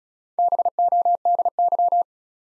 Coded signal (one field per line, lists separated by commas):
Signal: Morse code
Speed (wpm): 36 wpm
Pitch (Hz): 700 Hz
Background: none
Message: BODY